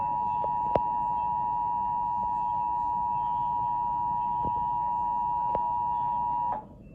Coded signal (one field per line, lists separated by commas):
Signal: Emergency Alert System (SAME) tones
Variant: 853 and 960 Hz attention tone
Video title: EAS- Emergency Action notification (November 9, 2011) Comcast ￼